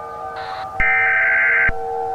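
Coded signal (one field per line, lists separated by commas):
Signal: Emergency Alert System (SAME) tones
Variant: header bursts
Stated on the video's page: Simulated EAS scenario mock of a US nuclear attack, made to look authentic.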